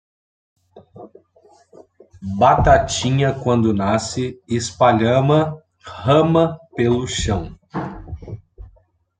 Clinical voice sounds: short text; Brazilian Portuguese; male; 30 to 39 years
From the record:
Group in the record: control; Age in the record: 34 years

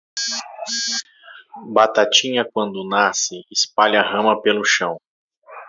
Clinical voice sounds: short text; Brazilian Portuguese; male; 30 to 39 years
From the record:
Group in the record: control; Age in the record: 37 years

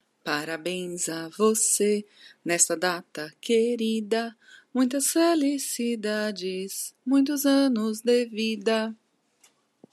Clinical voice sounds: short text; Brazilian Portuguese; female; 30 to 39 years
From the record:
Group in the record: control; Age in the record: 38 years

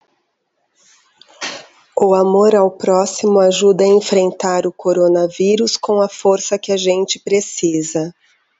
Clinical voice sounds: spoken sentence; Brazilian Portuguese; female; 50 to 59 years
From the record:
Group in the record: control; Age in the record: 50 years

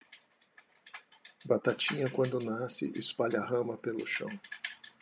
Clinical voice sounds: short text; Brazilian Portuguese; male; 50 to 59 years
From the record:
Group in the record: control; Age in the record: 50 years

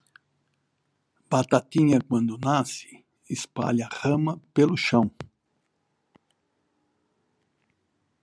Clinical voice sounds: short text; Brazilian Portuguese; male; 60 to 69 years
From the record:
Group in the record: control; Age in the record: 64 years

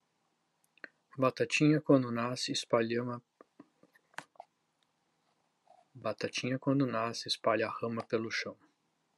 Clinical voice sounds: short text; Brazilian Portuguese; male; 50 to 59 years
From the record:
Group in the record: control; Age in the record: 53 years

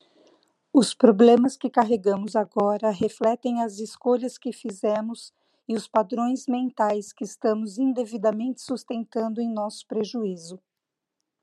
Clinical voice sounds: short text; Brazilian Portuguese; female; 50 to 59 years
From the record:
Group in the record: control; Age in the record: 56 years

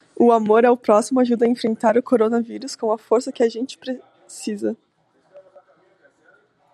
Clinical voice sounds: spoken sentence; Brazilian Portuguese; female; 20 to 29 years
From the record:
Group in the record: control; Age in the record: 21 years

